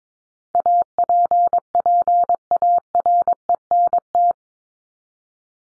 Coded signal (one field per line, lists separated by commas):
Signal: Morse code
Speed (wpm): 22 wpm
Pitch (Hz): 700 Hz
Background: none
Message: APPARENT